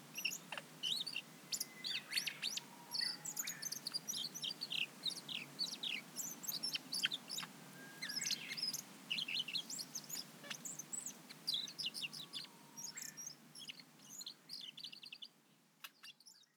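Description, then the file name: Siberian blue robin song of high, thin chirps and quick trills, with a steady low background hiss. Recorded in Nagasaki, Japan, on 30 April 2020. "koruri nagasaki kuroda"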